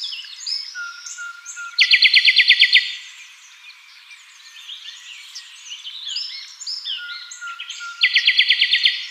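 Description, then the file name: Common nightingale delivering fast, even machine-gun trills, two of them separated by quieter whistled and chirping notes, over a light outdoor background hiss. "Luscinia megarhynchos"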